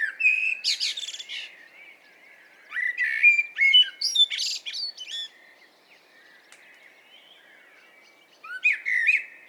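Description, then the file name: Common blackbird singing: low warbled notes rising into thin, scratchy high twitters, three phrases with a longer quiet gap before the last one. "Turdus merula"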